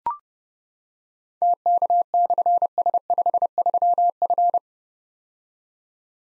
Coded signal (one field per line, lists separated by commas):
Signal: Morse code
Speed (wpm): 28 wpm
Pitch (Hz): 700 Hz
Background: none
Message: TK/S53F